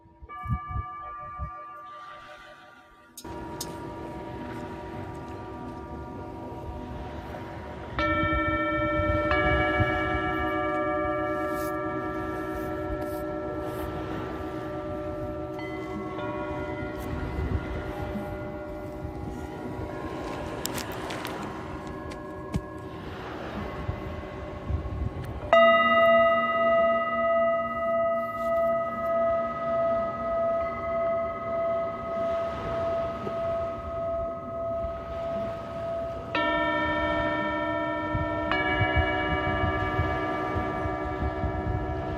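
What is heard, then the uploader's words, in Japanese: Singing bowls are struck and left ringing in long, steady tones that overlap and slowly fade. New strikes come at about 3, 8, 25 and 36 seconds, each adding bright layered pitches, and a soft wavering pulse runs through the louder stretch near the end. メキシコから シンギングボウルのサウンドヒーリング ライブ。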